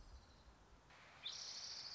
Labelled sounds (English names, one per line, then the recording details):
Orange-crowned Warbler
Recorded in Sonoma County, California